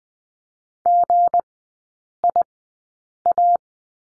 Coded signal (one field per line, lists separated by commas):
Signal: Morse code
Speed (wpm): 20 wpm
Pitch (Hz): 700 Hz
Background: none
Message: GIA